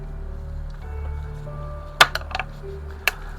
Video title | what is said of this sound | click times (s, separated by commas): AGORA Models 1:200 Scale Build the R.M.S. TITANIC Shipment -18 (Build Video) | So when you hear it click into place, like I said, even the base is getting large. | 2.0 s, 3.1 s